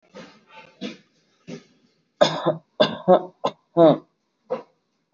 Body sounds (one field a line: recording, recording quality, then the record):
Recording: shallow voluntary cough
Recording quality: excellent, no background noise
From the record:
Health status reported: healthy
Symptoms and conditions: none ticked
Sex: male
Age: 26 years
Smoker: not ticked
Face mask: not worn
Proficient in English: yes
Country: India